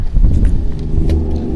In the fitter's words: you want to hear that click very good